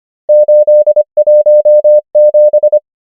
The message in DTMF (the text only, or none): none